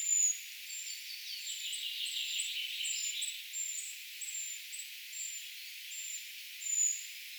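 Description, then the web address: Eurasian treecreeper calls: a series of high, thin, slurred notes, with a softer lower twittering underneath early on. Brood of young calling, recorded 4 June 2025, identification tentative. "paivat 4 6 2025 tietaakseni puukiipijapesueen aantelya"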